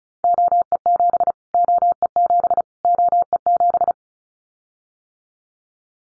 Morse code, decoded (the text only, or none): OE7 OE7 OE7